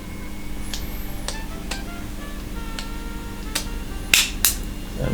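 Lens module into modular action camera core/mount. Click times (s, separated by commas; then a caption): 4.1 s, 4.4 s. A lens module is pressed onto the core and mount frame of an Insta360 One R 1-inch modular action camera, with several small taps and handling sounds over a steady hum and faint tones. The locking switch moves over by itself with loud clicks at 4.1 s and 4.5 s, showing the module is now locked in place.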